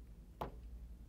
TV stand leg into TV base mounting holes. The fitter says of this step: hear it you'll feel it catch that will lock it into place